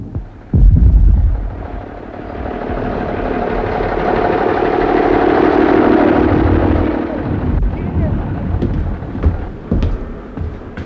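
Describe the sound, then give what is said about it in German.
A heavy boom of cannon fire opens into a long, rolling low rumble that swells and slowly fades, followed by a scattering of sharper, quieter bangs near the end. “Dieser Kanonendonner.”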